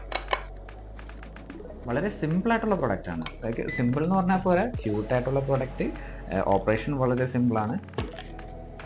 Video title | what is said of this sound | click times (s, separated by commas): Mobile app based electric rim lock with rfid, finger print, bluetuth, password, remort andkey | തിരിച്ച് എപ്പോഴാണോ ഈ door correct ആ പൊസിഷനിലേക്ക് വരുന്നത് ആ ടൈമിലേക്ക് അത് പിന്നെ ലോക്ക് ആകും | 0.1 s, 0.3 s